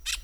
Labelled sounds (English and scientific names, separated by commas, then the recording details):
Brown-throated Parakeet (Eupsittula pertinax) contact call
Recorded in Venezuela
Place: Hato Matapalo, Bolívar
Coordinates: 7.356, -61.542